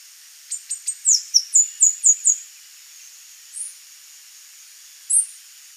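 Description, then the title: Saffron-billed sparrow song: three thin high ticks, then six quick, very high down-slurred notes, followed by two separate high notes after a pause. "LuckyPassaro Completos2Sama. Saffron-billed Sparrow (Arremon flavirostris)"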